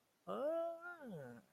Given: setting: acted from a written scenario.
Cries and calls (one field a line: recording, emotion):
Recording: vocal sound without words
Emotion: realization